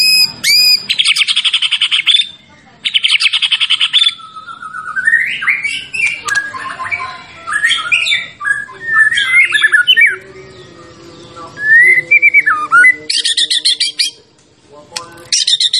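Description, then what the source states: White-rumped shama song in bursts of dense buzzy trills alternating with varied whistled slurs and sweeping notes, loud and continuous with brief pauses. Champion bird, used as song-training material (masteran) for other birds.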